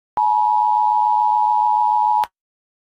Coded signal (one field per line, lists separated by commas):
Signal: Emergency Alert System (SAME) tones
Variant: 853 and 960 Hz attention tone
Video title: Chile EAS Alarm (8) (Tsunami)